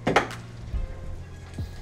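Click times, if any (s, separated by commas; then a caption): 0.2 s. A white plastic retaining tab in a pickup truck's headlight housing is pushed up from behind until it locks, with a sharp click at 0.2 s. The tab seats and locks, with music playing underneath and no one talking.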